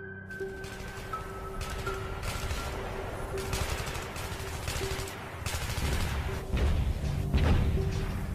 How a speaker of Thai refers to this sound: เสียงปืนยังคงยิงกันสนั่นต่อเนื่องระเบิดยังคงกึกก้องไปทั่วบริเวณ